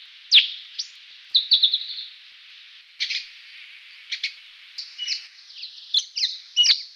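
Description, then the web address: New Holland honeyeater calls: sharp, high chirps and short scratchy notes given in scattered bursts, some doubled, with quiet gaps between them. Recorded in garden habitat in Canberra. "canberra-garden-birds honeyeaters new-holland-honeyeater"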